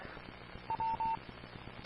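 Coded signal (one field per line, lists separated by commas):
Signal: none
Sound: a repeater's courtesy beeps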